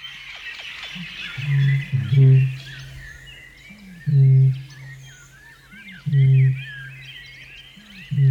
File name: australasian bittern